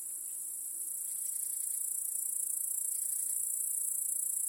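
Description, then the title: Crickets producing a continuous high, pulsing trill that rises in loudness after the first second and then holds steady. Crickets chorusing in a home backyard in the evening as day turns to night. "Crickets in Your Backyard 🏡. Discovering the Sounds of Home"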